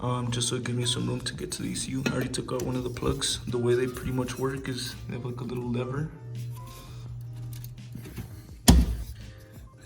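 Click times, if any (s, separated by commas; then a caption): 8.7 s. Someone talks over background music while pulling the locking lever on a plastic wiring-harness plug connected to the engine control unit of a 2018 Porsche GT3 991.2. A few faint ticks come first, then a sharp, loud click at 8.7 s as the lever snaps open and releases the connector so it can come out.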